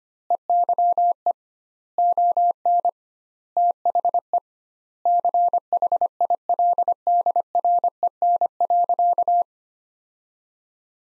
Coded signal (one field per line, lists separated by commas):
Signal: Morse code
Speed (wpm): 25 wpm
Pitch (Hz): 700 Hz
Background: none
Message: EYE ON THE CHILDREN.